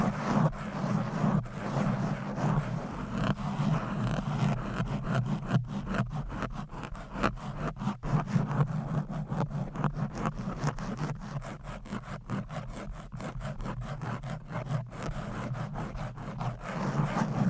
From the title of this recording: Fast & Aggressive Mic Scratching with 10 DIFFERENT MICS Covers & Nails